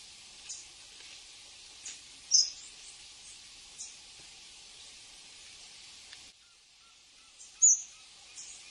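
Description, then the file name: Red-legged honeycreeper giving two sharp, very high thin chirps several seconds apart, with fainter high ticks scattered between them over a steady hiss. "canto do saira beija flor"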